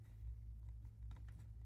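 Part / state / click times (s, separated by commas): USB-C cable plug into a portable monitor's USB-C port / not seated / none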